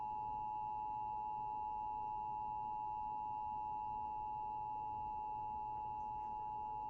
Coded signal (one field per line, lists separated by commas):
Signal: Emergency Alert System (SAME) tones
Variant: 853 and 960 Hz attention tone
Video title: Severe Weather Awareness EAS Test. ⚠️